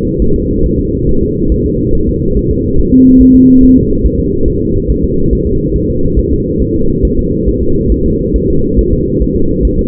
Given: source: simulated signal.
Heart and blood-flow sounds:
fetal heart sounds
0.22 s: S1
0.36 s: S2
0.66 s: S1
0.79 s: S2
1.09 s: S1
1.23 s: S2
1.52 s: S1
1.66 s: S2
1.95 s: S1
2.09 s: S2
2.37 s: S1
2.51 s: S2
2.79 s: S1
2.93 s: S2
3.21 s: S1
3.35 s: S2
3.63 s: S1
3.77 s: S2
4.06 s: S1
4.19 s: S2
4.48 s: S1
4.62 s: S2
4.90 s: S1
5.04 s: S2
5.33 s: S1
5.47 s: S2
5.76 s: S1
5.90 s: S2
6.19 s: S1
6.33 s: S2
6.62 s: S1
6.76 s: S2
7.05 s: S1
7.19 s: S2
7.48 s: S1
7.62 s: S2
7.92 s: S1
8.06 s: S2
8.36 s: S1
8.50 s: S2
8.79 s: S1
8.93 s: S2
9.22 s: S1
9.36 s: S2
9.65 s: S1
9.79 s: S2
From the record:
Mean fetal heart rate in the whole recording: 140 bpm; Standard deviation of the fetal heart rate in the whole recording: 2 bpm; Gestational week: 34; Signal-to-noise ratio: -16.4 dB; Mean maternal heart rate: 72 bpm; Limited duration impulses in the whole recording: present

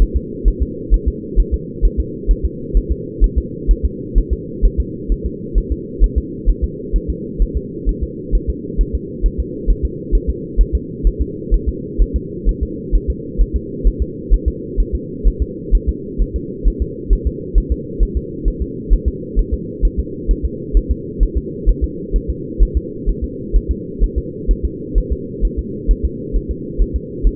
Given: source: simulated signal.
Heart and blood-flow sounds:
fetal heart sounds
0.02 s: S1
0.16 s: S2
0.48 s: S1
0.62 s: S2
0.94 s: S1
1.08 s: S2
1.40 s: S1
1.54 s: S2
1.85 s: S1
2.00 s: S2
2.31 s: S1
2.45 s: S2
2.77 s: S1
2.91 s: S2
3.24 s: S1
3.38 s: S2
3.71 s: S1
3.85 s: S2
4.18 s: S1
4.33 s: S2
4.65 s: S1
4.80 s: S2
5.12 s: S1
5.26 s: S2
5.58 s: S1
5.72 s: S2
6.04 s: S1
6.18 s: S2
6.49 s: S1
6.64 s: S2
6.96 s: S1
7.10 s: S2
7.42 s: S1
7.57 s: S2
7.89 s: S1
8.03 s: S2
8.35 s: S1
8.50 s: S2
8.81 s: S1
8.95 s: S2
9.26 s: S1
9.40 s: S2
9.70 s: S1
9.85 s: S2
10.15 s: S1
10.30 s: S2
10.61 s: S1
10.75 s: S2
11.07 s: S1
11.21 s: S2
11.54 s: S1
11.69 s: S2
12.02 s: S1
12.16 s: S2
12.49 s: S1
12.63 s: S2
12.95 s: S1
13.10 s: S2
13.41 s: S1
13.56 s: S2
13.87 s: S1
14.02 s: S2
14.33 s: S1
14.48 s: S2
14.80 s: S1
14.95 s: S2
15.27 s: S1
15.42 s: S2
15.75 s: S1
15.89 s: S2
16.21 s: S1
16.36 s: S2
16.67 s: S1
16.82 s: S2
17.13 s: S1
17.27 s: S2
17.58 s: S1
17.72 s: S2
18.03 s: S1
18.17 s: S2
18.48 s: S1
18.62 s: S2
18.93 s: S1
19.08 s: S2
19.39 s: S1
19.54 s: S2
19.85 s: S1
19.99 s: S2
20.31 s: S1
20.45 s: S2
20.77 s: S1
20.91 s: S2
21.23 s: S1
21.38 s: S2
21.69 s: S1
21.84 s: S2
22.16 s: S1
22.30 s: S2
22.62 s: S1
22.77 s: S2
23.09 s: S1
23.24 s: S2
23.56 s: S1
23.71 s: S2
24.04 s: S1
24.18 s: S2
24.51 s: S1
24.65 s: S2
24.98 s: S1
25.12 s: S2
25.45 s: S1
25.59 s: S2
25.91 s: S1
26.05 s: S2
26.36 s: S1
26.51 s: S2
26.82 s: S1
26.96 s: S2
27.27 s: S1
From the record:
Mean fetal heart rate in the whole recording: 130 bpm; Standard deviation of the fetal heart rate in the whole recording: 2 bpm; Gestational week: 36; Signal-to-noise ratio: -4.1 dB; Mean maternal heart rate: no maternal heart sound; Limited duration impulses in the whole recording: absent

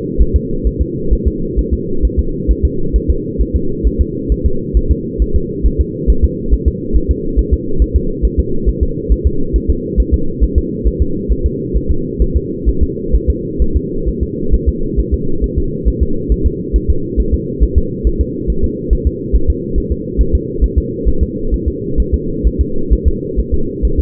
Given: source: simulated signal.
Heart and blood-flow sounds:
fetal heart sounds
0.22 s: S1
0.36 s: S2
0.67 s: S1
0.81 s: S2
1.13 s: S1
1.27 s: S2
1.59 s: S1
1.73 s: S2
2.05 s: S1
2.19 s: S2
2.51 s: S1
2.65 s: S2
2.96 s: S1
3.10 s: S2
3.41 s: S1
3.56 s: S2
3.87 s: S1
4.01 s: S2
4.32 s: S1
4.46 s: S2
4.77 s: S1
4.91 s: S2
5.22 s: S1
5.36 s: S2
5.66 s: S1
5.81 s: S2
6.10 s: S1
6.24 s: S2
6.53 s: S1
6.68 s: S2
6.96 s: S1
7.11 s: S2
7.39 s: S1
7.53 s: S2
7.82 s: S1
7.96 s: S2
8.25 s: S1
8.39 s: S2
8.69 s: S1
8.83 s: S2
9.12 s: S1
9.26 s: S2
9.56 s: S1
9.70 s: S2
10.00 s: S1
10.14 s: S2
10.44 s: S1
10.58 s: S2
10.87 s: S1
11.02 s: S2
11.32 s: S1
11.46 s: S2
11.77 s: S1
11.91 s: S2
12.22 s: S1
12.36 s: S2
12.69 s: S1
12.83 s: S2
13.15 s: S1
13.30 s: S2
13.62 s: S1
13.76 s: S2
14.09 s: S1
14.23 s: S2
14.54 s: S1
14.69 s: S2
15.00 s: S1
15.14 s: S2
15.44 s: S1
15.58 s: S2
15.88 s: S1
16.03 s: S2
16.32 s: S1
16.46 s: S2
16.76 s: S1
16.90 s: S2
17.20 s: S1
17.34 s: S2
17.63 s: S1
17.78 s: S2
18.07 s: S1
18.21 s: S2
18.50 s: S1
18.64 s: S2
18.93 s: S1
19.07 s: S2
19.35 s: S1
19.50 s: S2
19.78 s: S1
19.92 s: S2
20.21 s: S1
20.35 s: S2
20.64 s: S1
20.78 s: S2
21.08 s: S1
21.23 s: S2
21.54 s: S1
21.68 s: S2
22.00 s: S1
22.14 s: S2
22.47 s: S1
22.61 s: S2
22.93 s: S1
23.08 s: S2
23.40 s: S1
23.54 s: S2
23.85 s: S1
24.00 s: S2
From the record:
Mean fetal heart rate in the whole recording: 135 bpm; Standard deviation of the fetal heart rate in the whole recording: 3 bpm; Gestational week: 34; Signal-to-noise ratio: -8.1 dB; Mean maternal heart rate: 72 bpm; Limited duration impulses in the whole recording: absent

